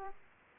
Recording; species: mosquito wingbeat signal from an infrared sensor; Aedes aegypti